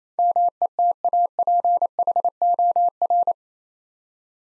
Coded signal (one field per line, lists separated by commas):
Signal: Morse code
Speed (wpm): 27 wpm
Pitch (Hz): 700 Hz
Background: none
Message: METAPHOR